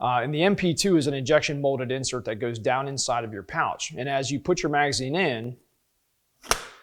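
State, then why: Seated. Someone talks for about five and a half seconds, then after a brief silence a rifle magazine is pushed down into a fabric pouch fitted with an MP2 injection-molded plastic retention insert. A single sharp click at 6.5 seconds marks the magazine seating in the insert.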